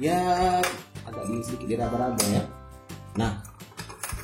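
An original Honda disc brake lock is handled against the metal front brake disc of a Yamaha Nmax Neo S scooter while someone feels for the hole in the disc so the lock's pin can hook into it. Someone talks over music, and two short, sharp knocks sound at about 3.8 and 4.0 seconds. The lock has not yet latched or clicked into place.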